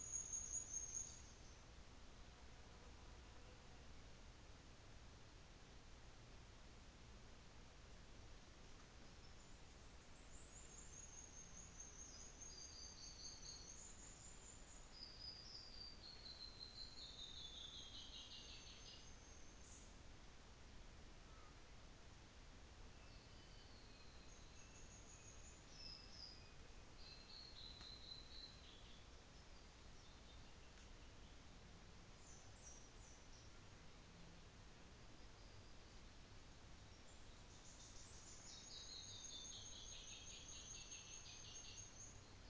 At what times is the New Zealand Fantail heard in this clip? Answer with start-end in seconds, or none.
0.00-1.30, 9.32-15.02, 16.57-20.07, 32.19-33.81, 37.77-42.09